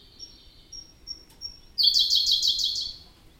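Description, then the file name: Siberian blue robin giving several soft high ticks before bursting into a loud, fast, pulsing trill of about six repeated notes. "robin-siberian-blue Larvivora-cyane"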